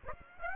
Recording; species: mosquito wingbeat signal from an infrared sensor; Aedes aegypti